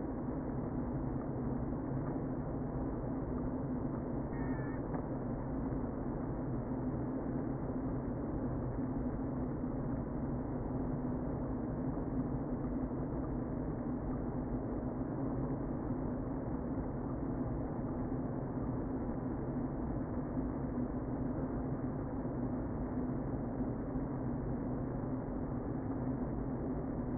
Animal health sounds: honeybee colony, microphone inside the hive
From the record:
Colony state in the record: queen present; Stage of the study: before two queens were removed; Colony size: about 60,000 bees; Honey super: yes

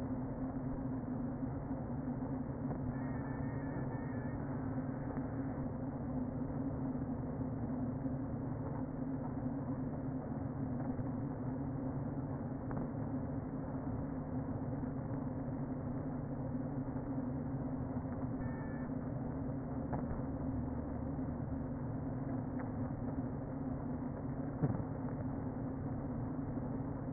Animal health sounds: honeybee colony, microphone inside the hive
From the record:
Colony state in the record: queen present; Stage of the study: before two queens were removed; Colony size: about 60,000 bees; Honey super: yes

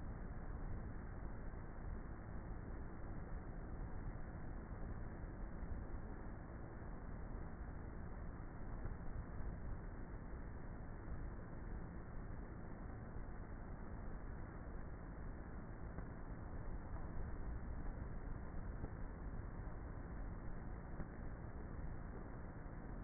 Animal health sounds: honeybee colony, microphone inside the hive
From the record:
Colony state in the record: queenless with a low population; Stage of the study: before two queens were removed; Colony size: about 30,000 bees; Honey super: no

